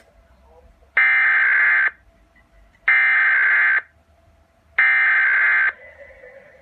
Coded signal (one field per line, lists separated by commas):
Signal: Emergency Alert System (SAME) tones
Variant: header bursts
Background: speech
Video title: EAS Scenario Short: Monster Mapleshade